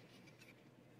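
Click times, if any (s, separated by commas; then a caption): none. A plastic cover is handled and pressed toward a part whose core has a molded groove meant to lock the cover in. Light, steady rubbing and scratchy handling noise runs through the second at low level, with no distinct snap. Nothing has seated or clicked yet.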